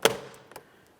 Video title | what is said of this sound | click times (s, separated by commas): How to Replace Mirror Switch 2004-2008 Ford F-150 | Audible click, double check all the way around. | 0.0 s